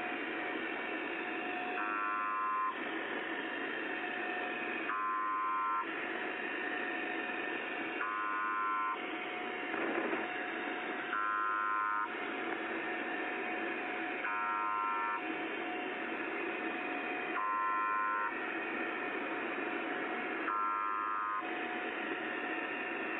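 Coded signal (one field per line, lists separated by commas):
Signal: channel marker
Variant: UVB-76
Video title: Les Stations nombres & Station UVB-76 !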